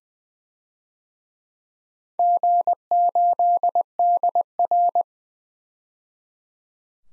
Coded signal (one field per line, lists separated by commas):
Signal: Morse code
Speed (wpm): 20 wpm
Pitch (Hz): 700 Hz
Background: none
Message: G8DR